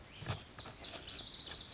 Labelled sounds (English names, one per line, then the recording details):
Lazuli Bunting
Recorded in Sonoma County, California